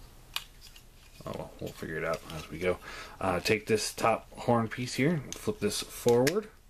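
Someone talks while handling the top horn piece of a plastic Transformers Beast Wars Rhinox transforming robot toy, starting to flip it forward toward the head or body, with a sharp tap near 0.4 s. The horn piece has not locked or clicked into place yet by the end of the clip.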